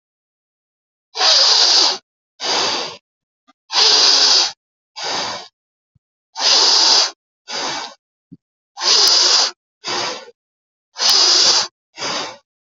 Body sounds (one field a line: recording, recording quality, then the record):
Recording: deep breathing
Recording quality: excellent, no background noise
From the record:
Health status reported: healthy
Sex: male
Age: 33 years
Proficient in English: yes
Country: India